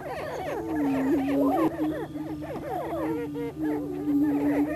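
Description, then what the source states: Greater prairie chickens booming low and steady while repeated swooping whoops and cackles crowd over the top. Missouri.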